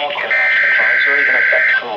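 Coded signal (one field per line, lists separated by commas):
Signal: Emergency Alert System (SAME) tones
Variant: header bursts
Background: speech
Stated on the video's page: NOAA Weather Radio required weekly tests, including failed attempts before a successful one.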